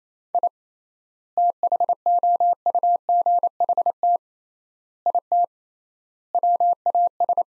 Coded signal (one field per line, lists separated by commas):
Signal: Morse code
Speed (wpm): 28 wpm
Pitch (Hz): 700 Hz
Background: none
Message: I THOUGHT IT WAS